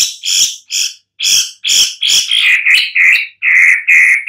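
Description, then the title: Long-tailed shrike giving harsh, buzzy calls, a rapid series of grating notes that shift into steadier, smoother nasal notes toward the end. "Lanius Schach Sun"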